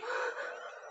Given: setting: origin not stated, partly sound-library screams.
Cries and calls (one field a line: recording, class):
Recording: one-second piece from a danger detection set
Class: woman in danger